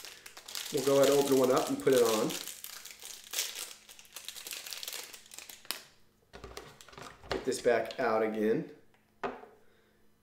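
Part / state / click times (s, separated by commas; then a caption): brush head onto electric toothbrush handle shaft / not seated / none. A plastic replacement brush head for a Reesino Sonic rechargeable electric toothbrush is handled and pushed toward the shaft of the handle while someone talks, with crinkling and light plastic handling clicks throughout. The clip ends before the head goes home, and nothing has seated or clicked yet.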